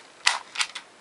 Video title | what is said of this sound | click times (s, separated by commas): Weapons from Power Rangers Samurai and Shodophone | locks in place then bring that over | 0.3 s